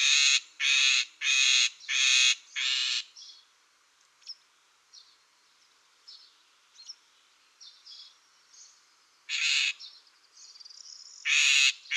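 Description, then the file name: Great grey shrike call: five rough, buzzy squawks in fast succession, several seconds of faint chattering notes, then two further rasping calls. "srokosz"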